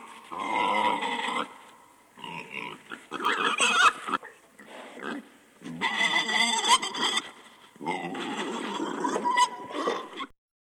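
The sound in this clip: Domestic pig giving a rough series of grunts and snorts in several uneven, harsh bursts before stopping.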